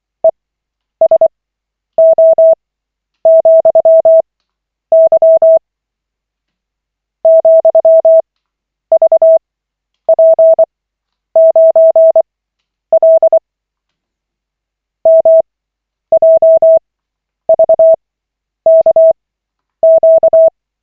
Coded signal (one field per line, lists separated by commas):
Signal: Morse code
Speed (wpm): 24 wpm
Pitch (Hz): 650 Hz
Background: none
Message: ESO,Y ,VP9L MJVKQ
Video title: Koch 28/40, 20.03.2025, CW practice session